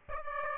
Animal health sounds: mosquito wingbeat signal from an infrared sensor; Aedes aegypti

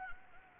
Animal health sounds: mosquito wingbeat signal from an infrared sensor; Anopheles gambiae

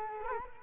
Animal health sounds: mosquito wingbeat signal from an infrared sensor; Culex quinquefasciatus

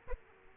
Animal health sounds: mosquito wingbeat signal from an infrared sensor; Aedes aegypti

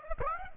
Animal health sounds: mosquito wingbeat signal from an infrared sensor; Aedes aegypti

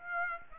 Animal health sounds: mosquito wingbeat signal from an infrared sensor; Aedes aegypti

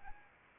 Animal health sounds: mosquito wingbeat signal from an infrared sensor; Anopheles arabiensis

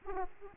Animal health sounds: mosquito wingbeat signal from an infrared sensor; Aedes aegypti

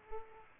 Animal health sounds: mosquito wingbeat signal from an infrared sensor; Aedes aegypti

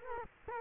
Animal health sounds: mosquito wingbeat signal from an infrared sensor; Culex quinquefasciatus

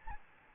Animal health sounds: mosquito wingbeat signal from an infrared sensor; Aedes albopictus

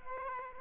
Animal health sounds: mosquito wingbeat signal from an infrared sensor; Aedes aegypti

